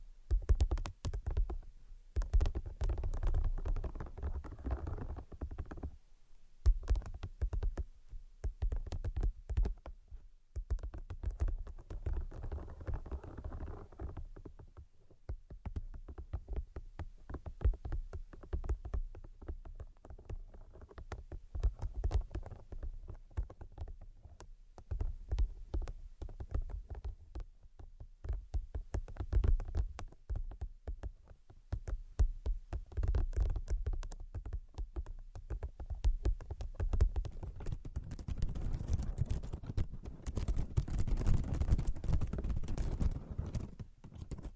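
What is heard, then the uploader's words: Rapid, dense tapping runs throughout, mostly low and thumping with sharper clicks, pausing briefly near six and fourteen seconds, growing fuller near the end. ASMR Brain Penetrating 3D Tapping (No Talking).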